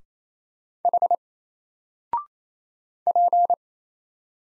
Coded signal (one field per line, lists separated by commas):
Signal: Morse code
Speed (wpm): 27 wpm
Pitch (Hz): 700 Hz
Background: none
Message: H P